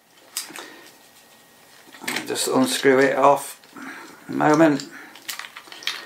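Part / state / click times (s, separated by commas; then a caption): extendable mount fitting into a car display unit / not seated / none. A part of an extendable mount is being fitted onto a CarPlay display unit after the mount has been unscrewed. Someone talks while there are sharp handling knocks and taps around 0.4, 2.1, 5.3 and 5.9 seconds. Nothing has seated or clicked into place yet.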